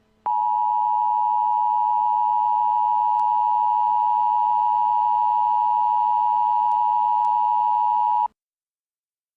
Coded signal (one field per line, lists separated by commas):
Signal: Emergency Alert System (SAME) tones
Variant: 853 and 960 Hz attention tone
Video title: Arrowverse EAS 3:Supergirl 1.19-20